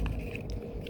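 A replacement windshield wiper blade's plastic adapter is being pushed onto the metal wiper arm hook of a BMW E90 3 Series. A steady low rumble runs throughout, with a brief sharp sound at 0.4 s and some faint higher-pitched handling noises. The blade has not yet popped into place, so nothing has seated or clicked yet.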